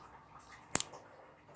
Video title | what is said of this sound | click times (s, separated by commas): my handcuffs(look in desc) | you hear a click | 0.8 s